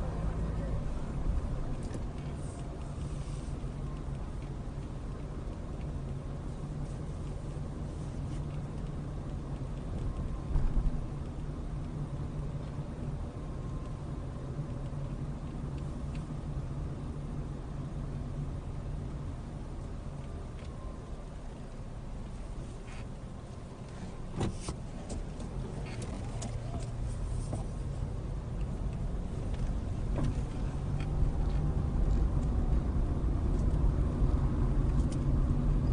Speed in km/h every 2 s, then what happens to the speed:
13, 15, 15, 15, 16, 16, 16, 15, 13, 10, 5, 2, 3, 5, 13, 21, 26, 27.
0-12 steady at about 15. 12-23 slows to 2. 23-36 pulls away to 27.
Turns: none.